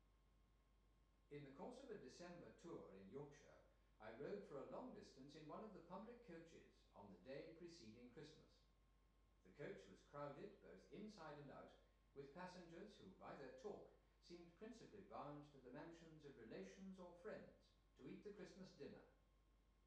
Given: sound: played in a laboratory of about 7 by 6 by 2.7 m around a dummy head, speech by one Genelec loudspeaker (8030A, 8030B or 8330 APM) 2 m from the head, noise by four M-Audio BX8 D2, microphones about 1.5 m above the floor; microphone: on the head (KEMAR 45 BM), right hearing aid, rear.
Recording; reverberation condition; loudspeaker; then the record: male speech in English; medium; 90 degrees to the left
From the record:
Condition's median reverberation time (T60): about 510 ms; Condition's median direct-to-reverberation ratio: about -0.5 dB